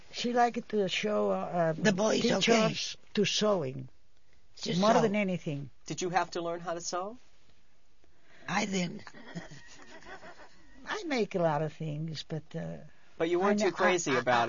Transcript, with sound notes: She like to show, teach us to sewing more than anything.
To sew.
Did you have to learn how to sew?
I didn't. ( she laughs )
I make a lot of things, but...
But you weren't too crazy about it.